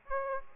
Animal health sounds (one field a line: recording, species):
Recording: mosquito wingbeat signal from an infrared sensor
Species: Aedes aegypti